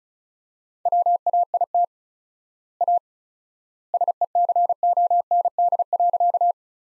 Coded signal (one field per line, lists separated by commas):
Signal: Morse code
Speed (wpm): 36 wpm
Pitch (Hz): 700 Hz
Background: none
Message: WAIT A SECOND.